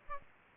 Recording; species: mosquito wingbeat signal from an infrared sensor; Aedes aegypti